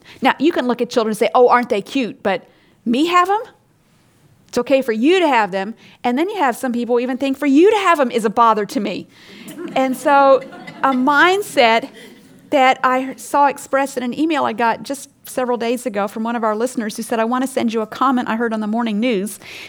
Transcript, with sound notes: Now, you can look at children and say, “Oh, aren’t they cute, but me have them? It’s okay for you to have them.” Then you have some people who even think for you to have them is a bother to me. (laughter) So a mindset that I saw expressed in an email I got just several days ago from one of our listeners who said, I want to send you a comment I heard on the morning news.